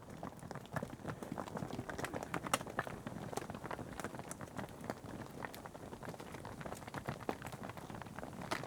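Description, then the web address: Cattle hooves clopping on a hard surface, a dense and irregular stream of sharp knocks from several animals moving together. Cattle passing on a tarmac road. "BBC Sound Effects Library. Cattle Passing On Tarmac"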